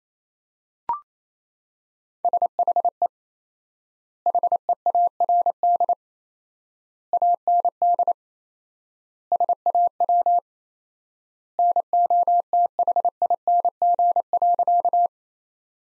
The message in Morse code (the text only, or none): SHE HEARD AND SAW NOTHING.